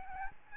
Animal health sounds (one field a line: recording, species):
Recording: mosquito wingbeat signal from an infrared sensor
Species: Aedes albopictus